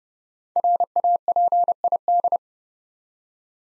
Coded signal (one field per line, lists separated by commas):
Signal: Morse code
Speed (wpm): 30 wpm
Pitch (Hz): 700 Hz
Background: none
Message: RAPID